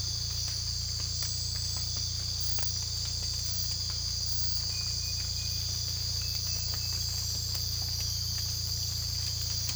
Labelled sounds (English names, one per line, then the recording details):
none
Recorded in secondary vegetation near Puerto Asís, Putumayo, Colombia, on 18 December 2024 at 03:30
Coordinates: 0.484, -76.319
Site GP06